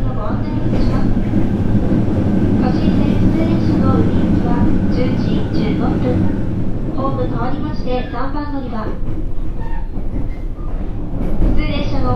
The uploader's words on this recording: JR九州 817系 福北ゆたか線 吉塚から篠栗まで. It is a running sound of JR Kyushu 817 series trains. I recorded it on the local train of Fukutoku Yutaka Line (Chikuho Line). The section is from Yoshizuka to sasaguri.